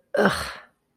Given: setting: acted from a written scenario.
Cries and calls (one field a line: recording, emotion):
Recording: vocal sound without words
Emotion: contempt